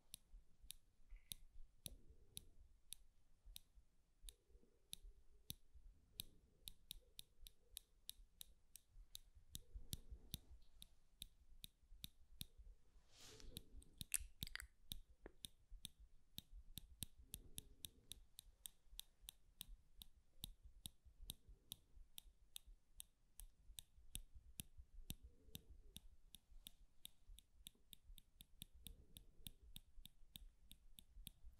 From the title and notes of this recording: BRAIN TINGLES PINCHING SCRATCHING FOR SLEEP and RELAXATION ASMR.